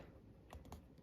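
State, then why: Not seated. The orange positive charger lead connector of a Fliteboard efoil basic battery charger is handled at the efoil battery terminal, with two brief, faint taps at about 0.5 s and 0.7 s over a quiet background. Nothing has seated or clicked yet; the connector is not yet home.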